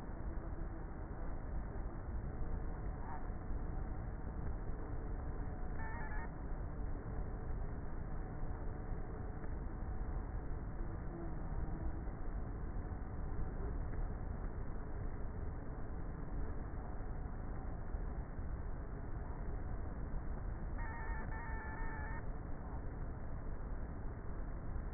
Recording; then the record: honeybee colony, microphone inside the hive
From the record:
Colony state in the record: queenless with a low population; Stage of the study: before two queens were removed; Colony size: about 30,000 bees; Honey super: no